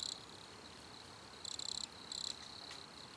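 Cricket giving short high pulsed trills separated by quiet stretches, with a faint steady high tone between bursts and low background hiss.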